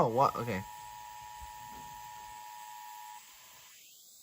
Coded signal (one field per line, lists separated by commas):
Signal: Emergency Alert System (SAME) tones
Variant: 853 and 960 Hz attention tone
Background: speech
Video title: EAS 1501-1503: KDKA EAS Test + WAHC Relays + Deviousness (again)